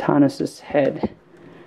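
An action figure's plastic head is being handled over the figure's plastic torso, ready to plug on. Someone talks, followed by faint handling noise; nothing has seated or clicked yet.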